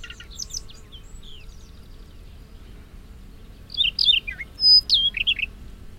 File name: rubythroat siberian